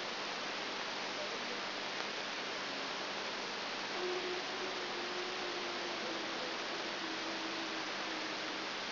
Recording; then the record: brain microelectrode recording played as sound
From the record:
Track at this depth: outside the subthalamic nucleus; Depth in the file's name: 0.506 mm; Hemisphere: left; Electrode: 3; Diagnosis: Parkinson's disease